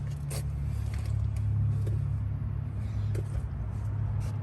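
Light impacts at about 0.9, 1.4 and 3.2 s are heard over a steady low rumble as the front CV axle shaft of a 1996–2000 Honda Civic is driven into the transmission differential so its retaining clip will lock. Nothing has clicked or seated yet: the shaft felt fully in but is not all the way into the transmission.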